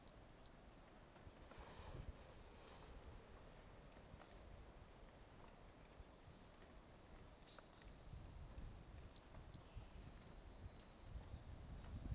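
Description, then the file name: Pumpkin toadlet call, high thin chirps in two pairs, one at the start and one near the end, set against a steady shimmering insect drone. 18 January 2018; individual 05; first note of the call missing; animal not collected. "Brachycephalus mirissimus 18 jan 2018 individual 05 ex 02 first note missing L F Ribeiro not collected"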